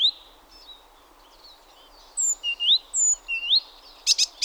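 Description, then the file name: Great tit calls, mostly clear rising whistled notes in a loose series, with fainter high squeaks and a short harsh buzzy burst at the close. "Parus major"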